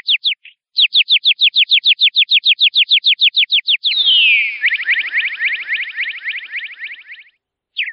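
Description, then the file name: Cardinal singing a long run of steady, rapid downslurred whistles, then a long descending slur and a fast rolling trill, ending with a single note. "cardenal"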